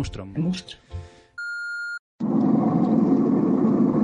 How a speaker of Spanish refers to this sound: No sé dónde demonios me he metido, pero esto parece una tormenta del copón.